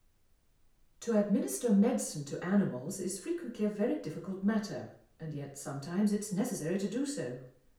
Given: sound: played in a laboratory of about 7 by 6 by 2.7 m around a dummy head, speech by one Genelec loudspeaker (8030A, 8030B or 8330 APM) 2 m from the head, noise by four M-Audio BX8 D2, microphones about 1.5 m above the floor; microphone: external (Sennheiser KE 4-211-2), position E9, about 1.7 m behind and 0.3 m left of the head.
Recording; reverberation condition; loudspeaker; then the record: female speech in English; medium; 90 degrees to the right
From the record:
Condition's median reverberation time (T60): about 510 ms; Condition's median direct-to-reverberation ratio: about -0.5 dB